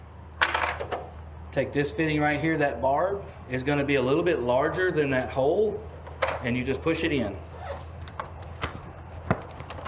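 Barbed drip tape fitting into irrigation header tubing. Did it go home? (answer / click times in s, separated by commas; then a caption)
yes / 9.3 s. Someone talks while a plastic barbed take-off fitting, its barb slightly larger than the hole, is pushed by hand into a freshly punched hole in the lay-flat header tubing of a drip irrigation system. After a few light handling taps, a sharp click at 9.3 s marks the fitting snapping in and seating.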